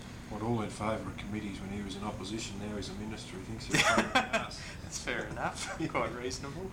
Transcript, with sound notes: Well all were in favour of committees when he was in opposition, now he’s a minister he thinks they’re a pain in the arse.
[laughs] that’s fair enough, quite reasonable.